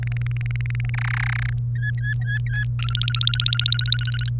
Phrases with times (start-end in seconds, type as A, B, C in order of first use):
0.03-0.90 A, 0.94-1.50 B, 1.75-2.64 C, 2.79-4.29 D